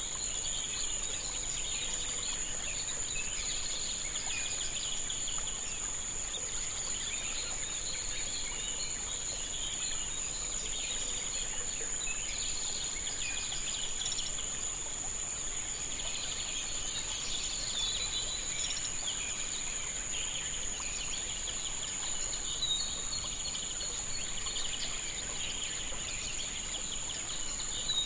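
A dawn chorus at sunrise in Sri Lanka, with many birds calling at once in a dense, overlapping chatter. A steady, high insect whine runs unbroken throughout, and the overall level stays even for the whole stretch, with no single call standing out.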